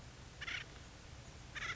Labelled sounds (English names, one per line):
Acorn Woodpecker